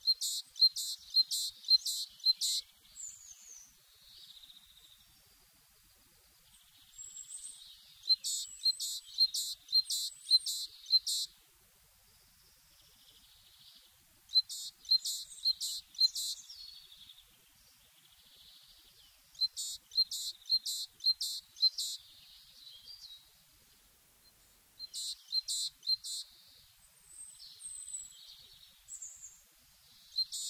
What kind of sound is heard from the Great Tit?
song